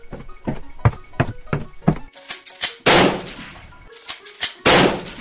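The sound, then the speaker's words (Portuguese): A run of steady, heavy thuds gives way to two loud, booming blasts from a hunting shotgun about two seconds apart, each followed by a ringing, crackling tail. “Vá à sala de estar, pegue a espingarda de caça, carregue de um tiro nos dois.”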